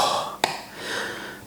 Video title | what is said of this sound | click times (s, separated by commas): what do an Iphone, a Valve and a set of Night vision binoculars have in common. ? | you hear that nice click so we roll it backwards | 0.4 s